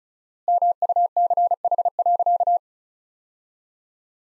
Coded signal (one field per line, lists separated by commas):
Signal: Morse code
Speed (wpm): 36 wpm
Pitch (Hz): 700 Hz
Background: none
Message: MUCH.